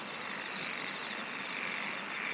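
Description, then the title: Insect song: a high, rapid pulsed trill lasting under a second, then a shorter, softer burst, over a steady hiss of background noise. "SINGING OF INSECTS"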